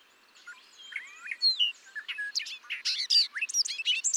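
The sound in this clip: Bobolink song: a few sliding whistles open into a fast, bubbling cascade of tinkling, metallic notes that continues to the end without pause.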